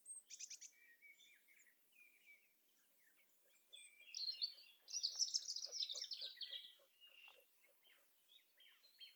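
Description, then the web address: European robin song, soft high trills and twitters, then a louder run of rapid, sliding warbled notes, with faint clicks and background hiss. "SETE data Erithacus rubecula"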